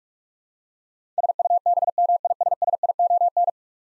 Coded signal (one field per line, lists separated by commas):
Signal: Morse code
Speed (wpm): 46 wpm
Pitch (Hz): 700 Hz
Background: none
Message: SUBMISSION